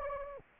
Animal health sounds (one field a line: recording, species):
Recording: mosquito wingbeat signal from an infrared sensor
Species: Anopheles arabiensis